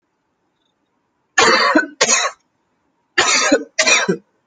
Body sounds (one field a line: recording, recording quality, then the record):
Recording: heavy voluntary cough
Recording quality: excellent, no background noise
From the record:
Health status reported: healthy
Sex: male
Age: 25 years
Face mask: not worn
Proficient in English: yes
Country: India